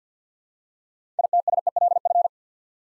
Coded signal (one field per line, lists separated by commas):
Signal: Morse code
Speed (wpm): 50 wpm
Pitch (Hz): 700 Hz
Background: none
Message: ITSELF